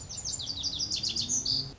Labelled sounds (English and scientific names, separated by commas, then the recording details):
Lazuli Bunting (Passerina amoena)
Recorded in Sonoma County, California